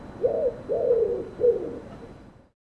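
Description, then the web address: Bird cooing, three low, drawn-out hooting notes in quick succession, then fading away. "cianscape birddata Deverinetal 2025"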